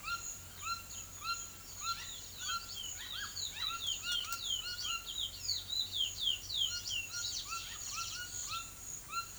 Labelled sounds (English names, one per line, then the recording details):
none
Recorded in pastures near Puerto Asís, Putumayo, Colombia, on 28 February 2025 at 09:30
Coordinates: 0.505, -76.324
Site GP08